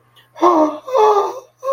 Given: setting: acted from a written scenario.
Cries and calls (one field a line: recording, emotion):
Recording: vocal sound without words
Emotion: fear